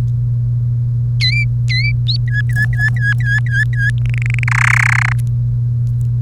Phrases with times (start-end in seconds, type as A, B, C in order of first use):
1.20-1.92 A, 2.27-3.90 B, 4.06-4.44 C, 4.47-5.13 D